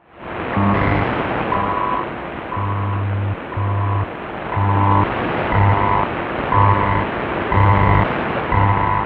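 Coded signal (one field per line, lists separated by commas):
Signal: radio time signal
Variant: BPM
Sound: steady 1 kHz beeps about once a second over hissy shortwave static, with low hum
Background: radio static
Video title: [5MHz] 標準時報局(BPM) [ICF-SW7600G]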